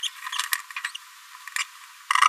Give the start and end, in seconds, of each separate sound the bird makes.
0.03-0.08, 0.32-0.38, 0.94-0.97